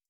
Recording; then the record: hydrophone in a shrimp aquaculture tank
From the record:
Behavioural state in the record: starved